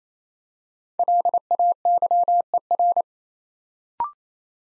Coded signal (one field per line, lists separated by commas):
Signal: Morse code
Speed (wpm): 28 wpm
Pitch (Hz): 700 Hz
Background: none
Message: LAYER